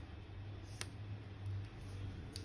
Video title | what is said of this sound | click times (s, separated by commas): Nouvelle chicha électronique | et ça vient seper ça vient clipser ici à l'arrière de votre chich | 0.8 s, 2.4 s